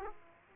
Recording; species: mosquito wingbeat signal from an infrared sensor; Aedes aegypti